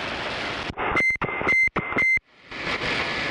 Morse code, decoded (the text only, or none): none